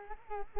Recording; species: mosquito wingbeat signal from an infrared sensor; Culex quinquefasciatus